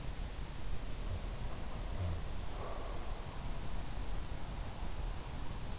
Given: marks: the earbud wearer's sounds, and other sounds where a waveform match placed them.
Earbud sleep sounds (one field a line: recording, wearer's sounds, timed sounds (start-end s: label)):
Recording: sounds in sleep by an in-ear microphone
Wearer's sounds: breath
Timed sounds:
1.89-3.38 s: breath